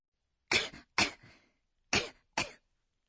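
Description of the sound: An adult gives a light, slight acted cough: four short, breathy bursts in two pairs. It is the kind of mild cough that Japanese describes with the sound word 'konkon'.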